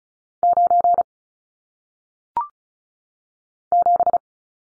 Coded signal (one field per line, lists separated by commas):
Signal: Morse code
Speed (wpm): 36 wpm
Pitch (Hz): 700 Hz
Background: none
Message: 9 7